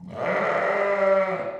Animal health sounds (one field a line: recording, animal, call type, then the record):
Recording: contact call of a hoofed animal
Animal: sheep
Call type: low-frequency (closed-mouth) or high-frequency (open-mouth) call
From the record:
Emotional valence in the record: positive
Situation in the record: reunion with pen mate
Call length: 1.60 s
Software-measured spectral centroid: 1370 Hz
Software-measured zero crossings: 1620 a second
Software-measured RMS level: -23 dBFS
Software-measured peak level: -10 dBFS